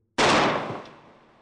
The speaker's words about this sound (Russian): Звук выстрела был похож на зловещий треск крепежной стойки, не выдержавшей давления горных пород.